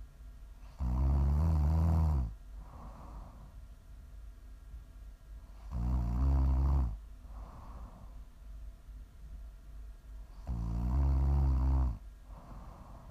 Prime ASMR snoring.